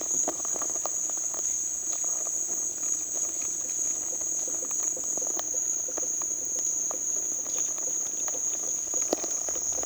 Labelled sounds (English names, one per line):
none